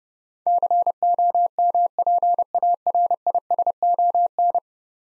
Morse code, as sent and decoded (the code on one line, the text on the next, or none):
-.-. --- -- .--. .- .-. .. ... --- -.
COMPARISON